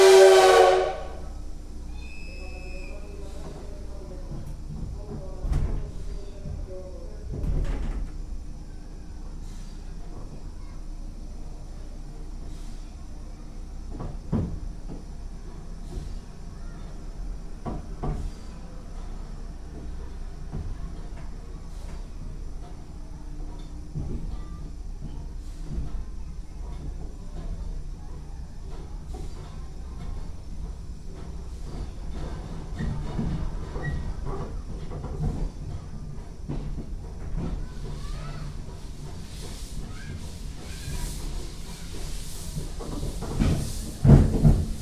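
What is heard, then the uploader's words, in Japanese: A steam locomotive pulls away from a station, opening with a sharp burst, then a steady low rumble with distinct chuffs and clanks every few seconds. Toward the end the beats come closer together and bright hissing steam bursts rise over the rumble. SLニセコ号 小樽駅発車走行音 "Steam Locomotive Traim NISEKO" Otaru Station departure sound。徐々に加速する際の蒸気音が情緒たっぷりです。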